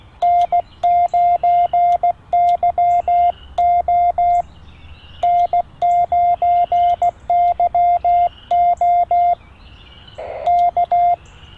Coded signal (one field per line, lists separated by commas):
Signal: Morse code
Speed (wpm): 16 wpm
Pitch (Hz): 690 Hz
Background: radio noise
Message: N9YO N9YO K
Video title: UnBox Elecraft T1 Portable QRP Auto Antenna Tuner & Success Test